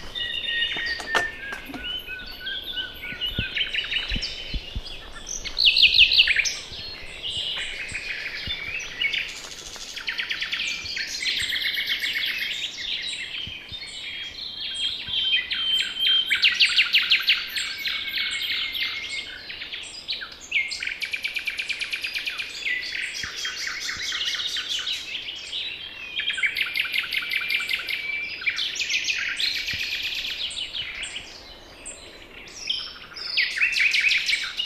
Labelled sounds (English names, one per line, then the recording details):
Common Nightingale song
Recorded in the wild
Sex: male
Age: adult
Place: Hobrechtsfelder Rieselfelder, Naturpark Barnim, Brandenburg, BZ
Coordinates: 52.6739, 13.5011
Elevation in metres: 65
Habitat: poplar forest
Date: 2014-05-04
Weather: cloudy, 5°C, weak wind
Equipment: Sound Devices 702, Sennheiser MKH 70, Rycote Windschutz
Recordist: Frommolt, Karl-Heinz